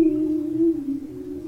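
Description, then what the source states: Bearded seal song: a sustained low moaning tone with faint overtones, wavering slightly. Singing under sea ice, recorded with hydrophones through the ice of a frozen bay, Svalbard, Norway, 80 degrees north; frozen sea surface, so no water sound.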